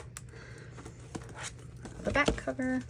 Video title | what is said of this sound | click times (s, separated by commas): Plan with Me: Customize my Erin Condren Frankenplanner for my Small Business | kind of um Wiggle the coil um it does help to get that cover snapped back into place | 0.2 s